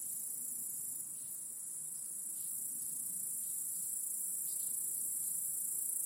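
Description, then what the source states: Crickets give a high continuous trill over a faint low rumble and scattered soft background noises. Chorus of crickets in a home backyard, heard in the evening as day turns to night.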